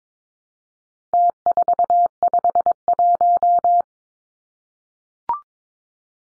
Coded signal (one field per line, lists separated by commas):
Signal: Morse code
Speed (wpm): 22 wpm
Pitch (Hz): 700 Hz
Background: none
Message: T451